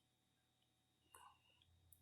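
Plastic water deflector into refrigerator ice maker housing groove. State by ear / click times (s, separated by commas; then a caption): seated / 1.9 s. A small plastic water deflector is pushed around in its groove in a Frigidaire refrigerator ice maker housing until it clips into place. Faint handling noises and a brief burst near 1.2 seconds lead to a sharp click at 1.9 seconds as the deflector seats.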